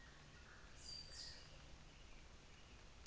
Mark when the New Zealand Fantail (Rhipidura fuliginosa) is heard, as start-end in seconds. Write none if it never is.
none